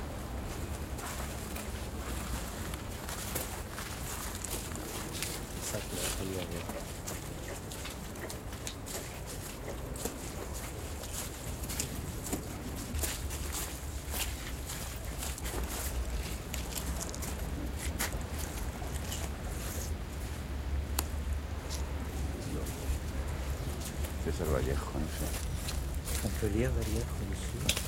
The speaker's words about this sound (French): Voilà, c'est une matinée de pluie au cimetière Montparnasse. Nous sommes seuls, un chat noir qui est passé. Et nous avons enfin trouvé la tombe de César Vallejo.